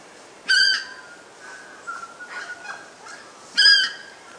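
Purple moorhen uttering two loud, nasal, honking calls about three seconds apart, with softer sounds between them over steady background hiss.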